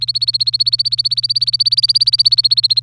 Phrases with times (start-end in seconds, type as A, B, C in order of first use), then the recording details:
0.00-2.82 A. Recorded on 27 April 2018 at 12:39. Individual llb3